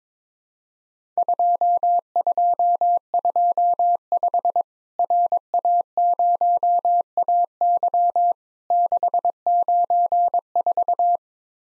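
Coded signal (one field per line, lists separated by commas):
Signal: Morse code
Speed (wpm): 22 wpm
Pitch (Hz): 700 Hz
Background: none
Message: 2225 RA0AY 694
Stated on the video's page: Simulated Worked All Europe DX Contest QTC exchange practice at 22 wpm, with random repeat requests, each exchange sent twice in Morse.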